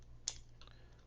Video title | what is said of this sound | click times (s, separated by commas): Shimano EZ Fire service | there we go do you hear that snap snap | 0.3 s